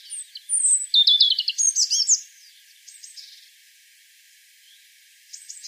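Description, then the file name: European robin song: a brief, loud, rapid trilled phrase of high notes, followed by faint scattered notes and near silence. "Erithacus rubecula"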